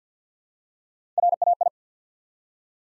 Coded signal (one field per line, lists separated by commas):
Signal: Morse code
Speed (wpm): 50 wpm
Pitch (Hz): 700 Hz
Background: none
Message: RAI